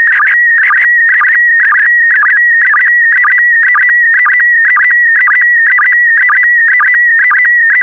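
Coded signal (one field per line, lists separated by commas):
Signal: SSTV (slow-scan television)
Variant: PD120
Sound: warbling, chirping tone with a steady rhythmic blip about twice a second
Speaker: The next image transmission will start in 10 seconds. Five, four, three, two, one. Thank you. Transmission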